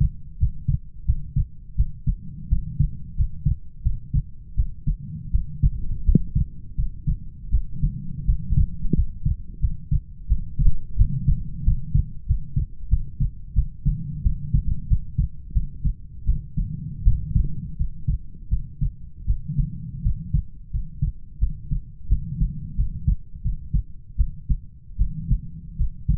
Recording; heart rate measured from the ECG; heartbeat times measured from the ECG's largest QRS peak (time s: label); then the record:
heart sounds by stethoscope; 85 bpm
0.38 s: heartbeat
1.05 s: heartbeat
1.76 s: heartbeat
2.49 s: heartbeat
3.15 s: heartbeat
3.83 s: heartbeat
4.55 s: heartbeat
5.31 s: heartbeat
6.04 s: heartbeat
6.75 s: heartbeat
7.50 s: heartbeat
8.25 s: heartbeat
8.94 s: heartbeat
9.60 s: heartbeat
10.27 s: heartbeat
10.97 s: heartbeat
11.64 s: heartbeat
12.26 s: heartbeat
12.89 s: heartbeat
13.54 s: heartbeat
14.22 s: heartbeat
14.87 s: heartbeat
15.53 s: heartbeat
16.25 s: heartbeat
17.03 s: heartbeat
17.77 s: heartbeat
18.49 s: heartbeat
19.26 s: heartbeat
20.02 s: heartbeat
20.71 s: heartbeat
21.39 s: heartbeat
22.08 s: heartbeat
22.76 s: heartbeat
23.42 s: heartbeat
24.16 s: heartbeat
24.97 s: heartbeat
25.76 s: heartbeat
From the record:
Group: healthy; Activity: rest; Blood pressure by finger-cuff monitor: 106/54 mmHg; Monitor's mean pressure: 73 mmHg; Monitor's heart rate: 86 bpm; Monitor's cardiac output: 8.2 L/min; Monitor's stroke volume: 97 mL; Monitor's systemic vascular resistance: 620 dyn s/cm5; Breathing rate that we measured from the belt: 21 breaths a minute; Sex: female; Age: 19 years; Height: 163 cm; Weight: 48.9 kg